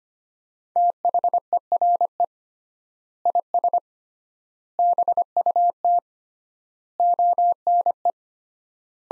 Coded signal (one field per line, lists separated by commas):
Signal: Morse code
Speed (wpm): 25 wpm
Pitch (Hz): 700 Hz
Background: none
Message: THERE IS BUT ONE